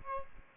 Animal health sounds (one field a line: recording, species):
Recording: mosquito wingbeat signal from an infrared sensor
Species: Aedes aegypti